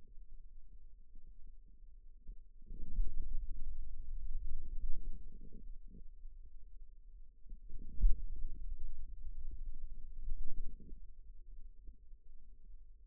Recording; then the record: forearm muscle sounds (acoustic myography)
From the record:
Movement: pen grasping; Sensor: system 2, bracelet of six BSWA MPA416 microphones around the upper forearm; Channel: 5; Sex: male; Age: 22 years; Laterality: right